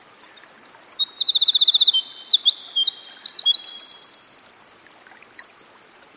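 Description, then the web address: Winter wren song, an extended high, sparkling stream of rapid trills and twitters broken by short gaps, over gentle hiss. "Dan Gibson Songbirds By The Stream. Winter Wren"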